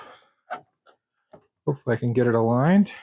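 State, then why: Not seated. An EEW cone winder body is being lined up on its mounting base before it is pushed forward to lock in place, with soft handling noises and brief taps near 0.5, 0.9 and 1.3 seconds. Someone talks near the end. Nothing has seated or clicked yet.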